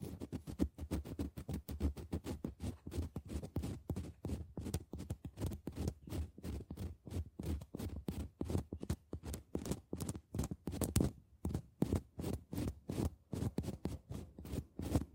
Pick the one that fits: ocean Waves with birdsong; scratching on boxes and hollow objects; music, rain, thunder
scratching on boxes and hollow objects